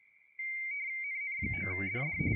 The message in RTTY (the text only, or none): NN9DD